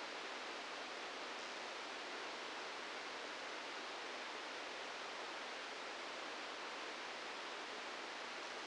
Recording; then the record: brain microelectrode recording played as sound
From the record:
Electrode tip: outside the subthalamic nucleus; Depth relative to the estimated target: 2 mm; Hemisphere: left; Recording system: NeuroSet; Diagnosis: Parkinson's disease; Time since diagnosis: 15 years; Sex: female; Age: 59 years